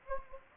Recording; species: mosquito wingbeat signal from an infrared sensor; Anopheles gambiae